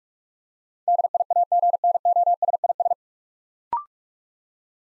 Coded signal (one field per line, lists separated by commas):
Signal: Morse code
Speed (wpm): 44 wpm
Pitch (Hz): 700 Hz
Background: none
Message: DIAGNOSIS